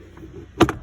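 The plastic glove box of a Mazda CX-7 is pushed forward after a cabin filter change so its prongs and notches slide back into place in the dashboard. After a faint tick at 0.2 s, a sharp snap at 0.6 s is followed by a second, slightly quieter snap at 0.7 s. The glove box is seated at 0.6 s.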